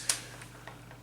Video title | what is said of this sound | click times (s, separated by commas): ICS CXP APE- Gun Review | will release it but it will lock into place it so I did it properly as | 0.1 s